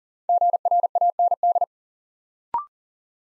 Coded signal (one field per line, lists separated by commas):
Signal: Morse code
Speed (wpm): 40 wpm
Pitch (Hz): 700 Hz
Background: none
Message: GRAND